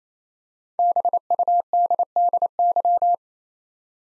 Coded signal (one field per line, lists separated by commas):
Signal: Morse code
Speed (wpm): 29 wpm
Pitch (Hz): 700 Hz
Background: none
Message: BUDDY